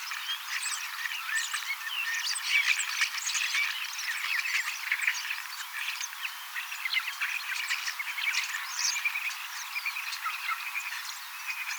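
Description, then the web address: Common starling song, an unbroken babble of squeaky whistles, clicks and scratchy rattles from several birds. Young starlings singing and practising song, mimicking several other species a little; 18 October 2024. "paivat 18 10 2024 kasittaakseni kottaraisnuoret laulavat lauluharjoittelevat useita lajeja matkivat hiukan"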